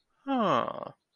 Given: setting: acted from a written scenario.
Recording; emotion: vocal sound without words; sympathy